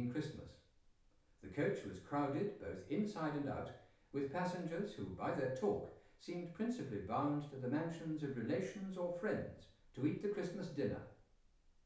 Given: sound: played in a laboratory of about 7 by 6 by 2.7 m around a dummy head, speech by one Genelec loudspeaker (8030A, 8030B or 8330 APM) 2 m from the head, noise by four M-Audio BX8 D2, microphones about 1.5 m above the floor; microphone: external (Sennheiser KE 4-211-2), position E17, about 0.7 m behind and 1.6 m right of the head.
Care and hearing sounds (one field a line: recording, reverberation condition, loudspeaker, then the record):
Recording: male speech in English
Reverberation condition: medium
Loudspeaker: 150 degrees to the left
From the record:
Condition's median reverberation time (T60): about 510 ms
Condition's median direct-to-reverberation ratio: about -0.5 dB